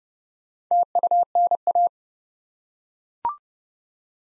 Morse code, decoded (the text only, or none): TUNA